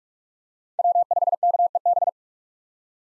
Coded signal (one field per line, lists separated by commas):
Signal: Morse code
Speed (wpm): 46 wpm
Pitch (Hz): 700 Hz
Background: none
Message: W5KEB